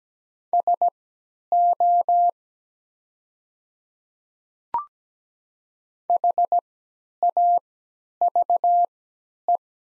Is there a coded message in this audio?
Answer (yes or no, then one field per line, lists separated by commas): yes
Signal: Morse code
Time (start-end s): 0.5-9.6 s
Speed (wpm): 17 wpm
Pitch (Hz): 700 Hz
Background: none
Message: SO HAVE